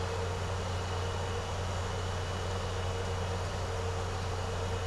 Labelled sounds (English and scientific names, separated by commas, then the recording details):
none
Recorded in secondary vegetation near Puerto Asís, Putumayo, Colombia, on 4 March 2025 at 12:00
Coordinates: 0.468, -76.324
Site G059